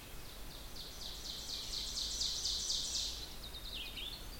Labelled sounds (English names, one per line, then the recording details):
Ovenbird song
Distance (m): 35 m
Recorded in boreal forest in Alberta, Canada, on 16 June 2016 at 05:48
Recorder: SongMeter 3, array SBT-3-32
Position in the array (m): 136 m, 3 m
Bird 36